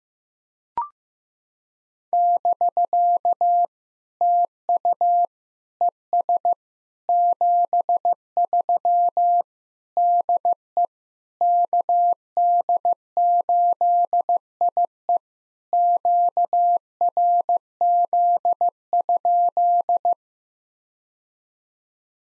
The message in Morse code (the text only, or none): <BK> TU ES 73 DE KD8IE QRZ?